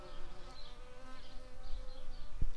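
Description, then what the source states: Shrill carder bee buzzing, a steady droning hum with wavering loudness throughout. Worker bees.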